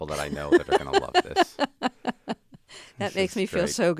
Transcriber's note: laughing